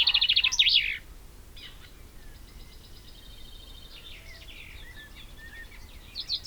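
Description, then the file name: Common chaffinch song, the close of a bright descending trill ending in a quick flourish, followed by faint chirps from other birds and a new phrase just beginning. "Fringilla coelebs"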